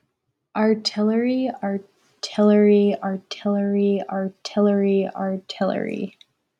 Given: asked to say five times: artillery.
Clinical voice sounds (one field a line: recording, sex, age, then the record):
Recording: repeated word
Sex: female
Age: 20 to 29 years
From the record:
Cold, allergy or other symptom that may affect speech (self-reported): no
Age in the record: 24 years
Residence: New York, United States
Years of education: 17